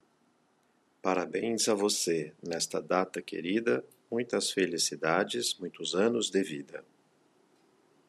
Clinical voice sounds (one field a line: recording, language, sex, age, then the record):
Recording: short text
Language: Brazilian Portuguese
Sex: male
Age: 50 to 59 years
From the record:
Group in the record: control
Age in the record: 56 years